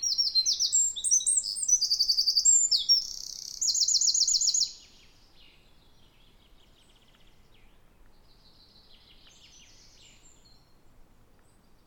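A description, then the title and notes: Birds sing in a forest, a loud bright trilling song filling the first five seconds before fading to faint, scattered high chirps. Forest Nature Sounds Birds Singing. Relax to the calming sound of a natural forest surrounding Bothwell Castle in Scotland.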